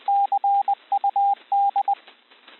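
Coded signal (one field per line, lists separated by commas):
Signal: Morse code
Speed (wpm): 20 wpm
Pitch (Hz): 800 Hz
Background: radio noise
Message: CUD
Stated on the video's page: Morse recognition practice including prosigns, sent at 20 wpm.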